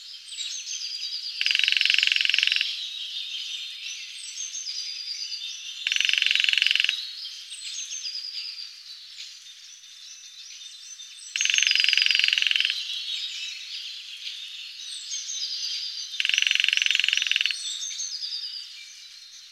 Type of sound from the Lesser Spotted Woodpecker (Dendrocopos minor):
drumming